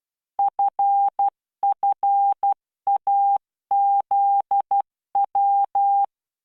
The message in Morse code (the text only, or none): FFAZW